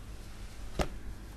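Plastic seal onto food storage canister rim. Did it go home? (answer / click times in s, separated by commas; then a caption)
yes / 0.8 s. A plastic seal is pushed down along the long sides of a food storage canister rim, giving a single sharp click at 0.8 s over a quiet background. The seal seats with that click.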